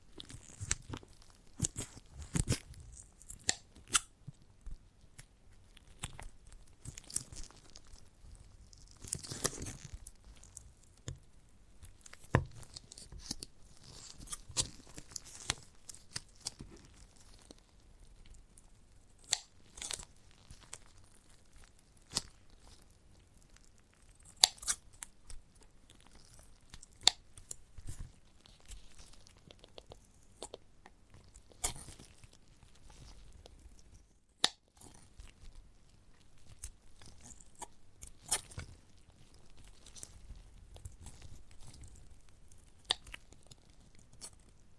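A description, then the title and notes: Chewing and biting on a giant gummy bear, with soft, sticky squelches and smacking sounds. Short clicks and crunchy tearing noises come irregularly throughout, some sharper bursts near 3, 9, 24 and 34 seconds, over a quiet, low background. ASMR of a Giant Gummy Bear (No Talking).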